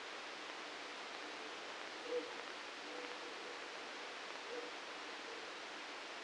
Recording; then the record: brain microelectrode recording played as sound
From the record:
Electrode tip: outside the subthalamic nucleus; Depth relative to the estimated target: -3 mm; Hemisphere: right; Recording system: NeuroSet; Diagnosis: Parkinson's disease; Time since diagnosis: 9 years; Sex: male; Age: 61 years